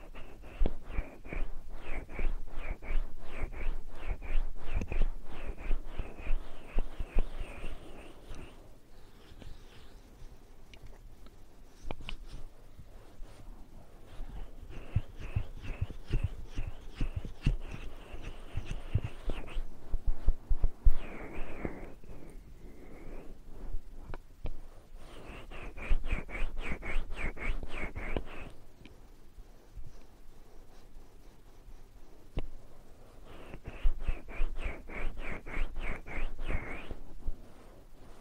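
Ear cleaning and massage: bursts of rapid, dense scratchy rubbing alternate with softer, sparser taps and thuds, returning about every ten seconds.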